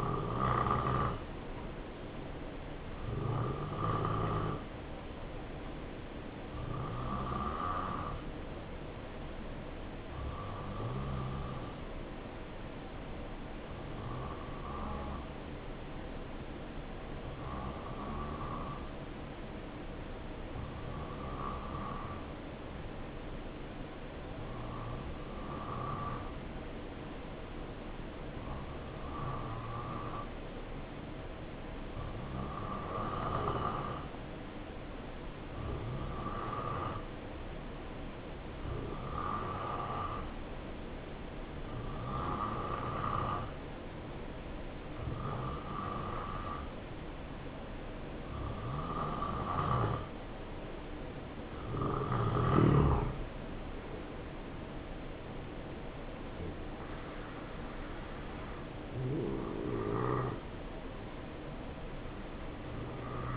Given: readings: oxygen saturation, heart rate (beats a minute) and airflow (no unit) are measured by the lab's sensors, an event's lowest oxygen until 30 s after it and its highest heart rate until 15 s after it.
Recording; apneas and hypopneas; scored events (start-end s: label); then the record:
breathing in sleep by a voice recorder at the bedside; 1
12.00-35.70 s: hypopnea (N2, oxygen 91% highest, then 87% lowest, heart rate 69 at the start, 74 highest)
From the record:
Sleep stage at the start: N2 (light sleep); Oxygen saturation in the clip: 87 to 91%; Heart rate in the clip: 66 to 76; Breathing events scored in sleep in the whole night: 277 in 7.4 hours asleep